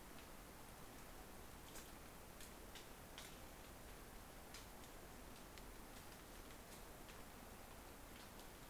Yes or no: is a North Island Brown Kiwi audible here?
no